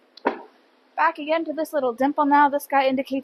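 A built-in roller sun shade on the rear door of a 2025 Toyota Tundra Platinum is unhooked from its upper hooks and rolled back down. It settles flush into the door frame with a short knock at 0.3 s. Someone then talks.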